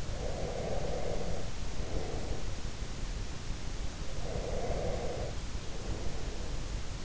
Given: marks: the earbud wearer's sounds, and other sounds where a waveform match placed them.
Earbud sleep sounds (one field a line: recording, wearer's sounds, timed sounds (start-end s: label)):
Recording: sounds in sleep by an in-ear microphone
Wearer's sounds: breath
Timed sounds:
0.00-2.58 s: breath
4.12-6.59 s: breath